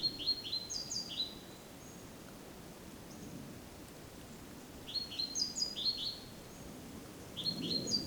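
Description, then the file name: Great tit calling in three short bursts of high chirping notes with thin upper squeaks, over a soft background rumble. "Parus major"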